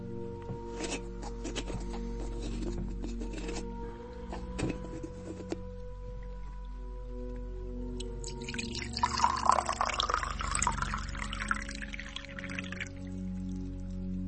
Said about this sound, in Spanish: Voy a servirte un vasito de agua para que le puedas dar tragos cuando lo necesites.